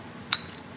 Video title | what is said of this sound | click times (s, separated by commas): 1984 to 1974 K5 Blazer Conversion esp 2 | Locked into place. Quick change. | 0.3 s